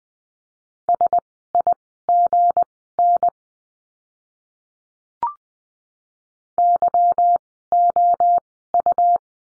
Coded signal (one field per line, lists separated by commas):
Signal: Morse code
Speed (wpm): 20 wpm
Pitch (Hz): 700 Hz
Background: none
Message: SIGN YOU